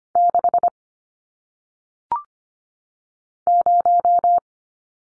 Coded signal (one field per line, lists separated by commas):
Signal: Morse code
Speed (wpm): 25 wpm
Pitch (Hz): 700 Hz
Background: none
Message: 6 0